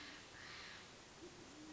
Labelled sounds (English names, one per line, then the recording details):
Band-tailed Pigeon
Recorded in Sonoma County, California